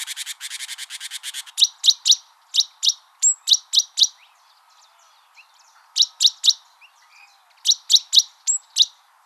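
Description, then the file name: Great tit opening with a rapid scolding churr, then groups of three or four sharp high notes with an occasional thin whistle. "Parus major"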